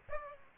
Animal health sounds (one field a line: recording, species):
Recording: mosquito wingbeat signal from an infrared sensor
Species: Aedes aegypti